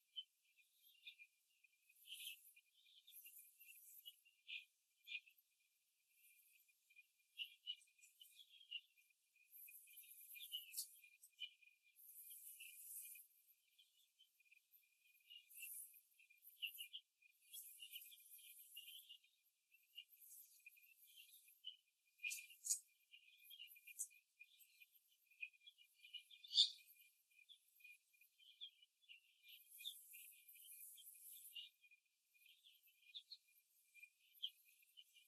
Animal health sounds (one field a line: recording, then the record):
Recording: young laying hens in a cage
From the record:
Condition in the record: after the stressor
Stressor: simulated dog barking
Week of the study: 2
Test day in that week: 2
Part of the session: 1